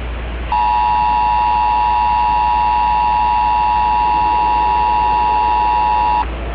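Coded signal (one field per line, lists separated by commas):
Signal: Emergency Alert System (SAME) tones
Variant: 853 and 960 Hz attention tone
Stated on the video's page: Fictional EAS scenario analog horror with valid EAS tones.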